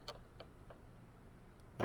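On a 2018–2023 Mustang, the end of a gas hood strut is pushed onto the ball stud of the upper hood bracket on the driver's side and snaps on in one go with a sharp click at 0.1 s, fitting snugly. Two fainter ticks follow at about 0.4 s and 0.7 s over a low steady background, and a louder broadband burst comes at about 1.8 s.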